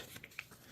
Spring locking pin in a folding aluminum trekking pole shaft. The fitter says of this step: And we hear a click.